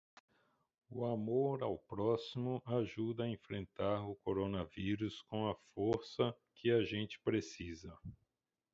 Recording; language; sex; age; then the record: spoken sentence; Brazilian Portuguese; male; 50 to 59 years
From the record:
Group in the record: control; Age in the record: 55 years